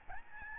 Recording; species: mosquito wingbeat signal from an infrared sensor; Aedes albopictus